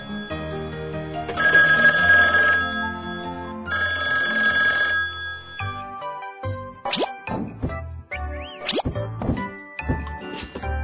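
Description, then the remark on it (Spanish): A telephone rings with a bright electronic ringtone in two sustained bursts, then gives way to a string of quick, swooping chirps and plopping blips. No one speaks. “Teléfono.”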